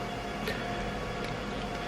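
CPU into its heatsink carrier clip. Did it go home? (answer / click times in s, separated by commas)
no / none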